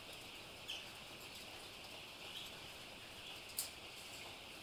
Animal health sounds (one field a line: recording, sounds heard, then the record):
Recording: poultry house recording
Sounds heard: healthy chickens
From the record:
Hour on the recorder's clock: 14